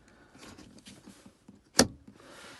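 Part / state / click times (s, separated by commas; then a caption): interior trim panel into the dashboard / seated / 1.8 s. A plastic interior trim panel holding the engine stop-start button on a BMW F30/F31, with its tabs lined up, is pressed back into the dashboard. Soft rustling and handling noises lead up to one loud, sharp snap at 1.8 s. The panel seats.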